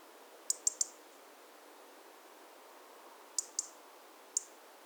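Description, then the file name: European robin ticking, a fast triple click at the start, then a pair and a lone click later, all high and sharp over soft noise. "Erithacus rubecula"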